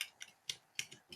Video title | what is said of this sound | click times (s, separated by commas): Issues 81 - 86 - Build the 1966 Batmobile from Fanhome DeAgostini - 1:8 scale | It kind of snaps into place. | 0.5 s, 0.8 s